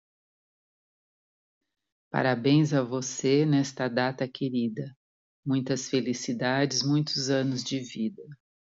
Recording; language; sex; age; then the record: short text; Brazilian Portuguese; female; 50 to 59 years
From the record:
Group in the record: control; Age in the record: 59 years